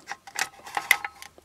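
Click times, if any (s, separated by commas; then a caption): 0.9 s. Behind the dashboard of a 1997 Renault Twingo 1, a wiring connector is pushed into its car harness socket, with several small plastic ticks and rattles of handling around it. A sharp, bright click at 0.9 s marks the connector seating fully.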